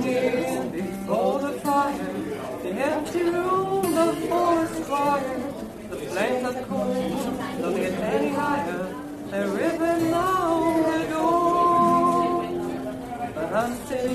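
A lively bar full of overlapping voices, with several people talking at once and more chatter behind them. The murmur stays dense and steady throughout, with a clear voice rising above the crowd around ten to twelve seconds.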